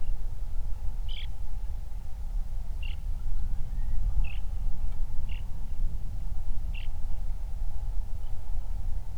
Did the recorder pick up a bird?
yes